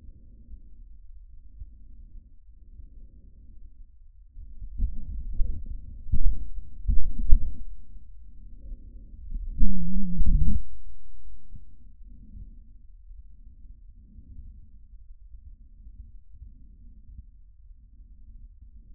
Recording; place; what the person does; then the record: lung sounds by stethoscope; trachea; quiet breathing, then cough and speech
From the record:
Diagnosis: asthma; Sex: female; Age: 65 years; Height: 157 cm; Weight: 70.2 kg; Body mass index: 28.5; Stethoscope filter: bell mode